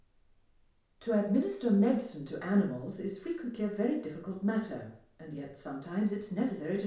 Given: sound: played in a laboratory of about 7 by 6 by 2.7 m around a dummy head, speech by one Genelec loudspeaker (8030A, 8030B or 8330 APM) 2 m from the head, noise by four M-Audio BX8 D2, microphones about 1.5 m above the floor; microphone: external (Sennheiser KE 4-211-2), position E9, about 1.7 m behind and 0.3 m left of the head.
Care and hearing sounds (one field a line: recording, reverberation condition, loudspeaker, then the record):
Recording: female speech in English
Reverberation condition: medium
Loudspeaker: 120 degrees to the right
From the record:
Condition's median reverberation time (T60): about 510 ms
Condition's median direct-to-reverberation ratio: about -0.5 dB